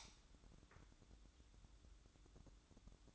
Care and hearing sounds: daily activity, microphone in the room; light on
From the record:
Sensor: 3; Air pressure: 1007.9 hPa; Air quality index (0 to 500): 87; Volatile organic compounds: 1 ppm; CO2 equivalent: 740 ppm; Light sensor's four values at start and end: 11/26/11/11 and 17/46/19/17

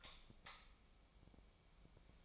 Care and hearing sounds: daily activity, microphone in the room; light off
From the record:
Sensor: 1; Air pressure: 1009.9 hPa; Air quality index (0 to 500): 190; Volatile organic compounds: 18 ppm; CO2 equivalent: 2603 ppm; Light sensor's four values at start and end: 46/129/53/61 and 36/92/38/46

